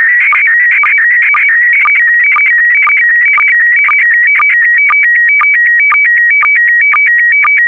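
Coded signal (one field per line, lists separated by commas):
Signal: SSTV (slow-scan television)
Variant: PD120 mode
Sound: warbling tones stepping between two pitches, with a low blip about twice per second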